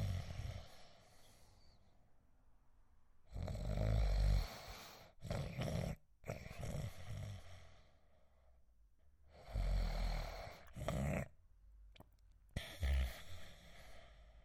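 Loud, rough, low-pitched rattling breaths recur about every six seconds, roughly ten a minute, each followed by a shorter snort-like burst and a quiet pause. This is snoring in an adult sleeper, airway vibration during sleep.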